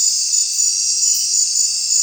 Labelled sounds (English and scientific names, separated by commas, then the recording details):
none
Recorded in secondary vegetation near Puerto Asís, Putumayo, Colombia, on 25 June 2025 at 19:00
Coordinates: 0.499, -76.323
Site G077